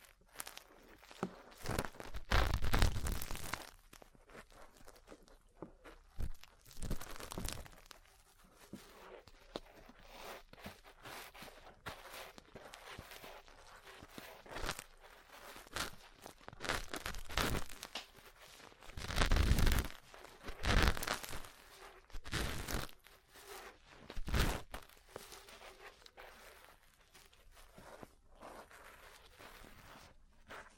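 Ear cleaning and massage sounds, a dense run of rustling, crinkling and scratchy rubbing that never quite stops. Louder bursts of crunching and brushing stand out around 2–3, 7, 15, 19–21 and 24 seconds, with softer tapping and scraping in between.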